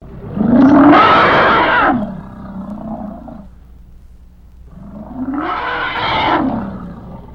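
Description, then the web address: Elephant growling and trumpeting, two loud brassy blasts, the first near the start and the second after a pause of a few seconds. Young elephant; growl and trumpet. "SFXSource AOS Elephant Young Growl Trumpet"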